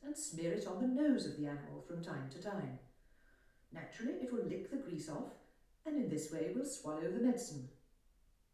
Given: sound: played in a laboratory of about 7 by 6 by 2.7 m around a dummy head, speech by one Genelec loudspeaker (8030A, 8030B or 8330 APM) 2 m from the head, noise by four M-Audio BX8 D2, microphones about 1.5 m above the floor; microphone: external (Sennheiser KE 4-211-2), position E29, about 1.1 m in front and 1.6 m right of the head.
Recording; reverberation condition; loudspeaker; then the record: female speech in English; medium; 90 degrees to the left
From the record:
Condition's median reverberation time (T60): about 510 ms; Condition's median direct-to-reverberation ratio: about -0.5 dB